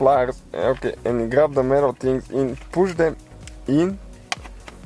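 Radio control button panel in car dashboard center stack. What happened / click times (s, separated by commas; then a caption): The panel's retaining clips let go / 4.3 s. Someone talks while the metal retaining tabs of the radio control button panel in the dashboard center stack of a Ford Fiesta MK7 ST are squeezed in. At 4.3 s a sharp click is heard as the clips let go, followed by a fainter tick at 4.7 s. The plastic button assembly is released and comes loose from the center stack.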